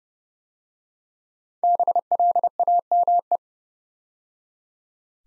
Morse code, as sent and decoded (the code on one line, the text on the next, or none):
-... .-.. .- -- .
BLAME